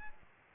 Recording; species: mosquito wingbeat signal from an infrared sensor; Aedes albopictus